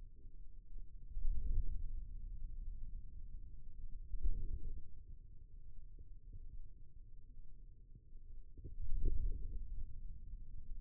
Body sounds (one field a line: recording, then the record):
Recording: forearm muscle sounds (acoustic myography)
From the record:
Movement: wrist flexion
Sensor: system 2, bracelet of six BSWA MPA416 microphones around the upper forearm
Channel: 3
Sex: male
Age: 22 years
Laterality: right